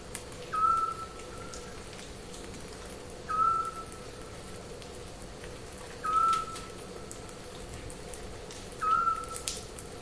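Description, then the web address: Eurasian scops owl giving a single short whistled note, repeated four times about every three seconds, over steady crackling background noise. "zwergohreule"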